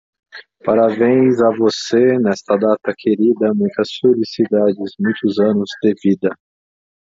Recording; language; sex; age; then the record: short text; Brazilian Portuguese; male; 40 to 49 years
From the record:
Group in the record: control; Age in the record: 40 years